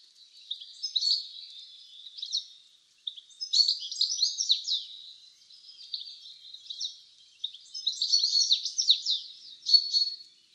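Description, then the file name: European goldfinch giving bright, tinkling twitters in several bursts, quick liquid notes and buzzy trills with brief pauses between phrases. "Carduelis carduelis"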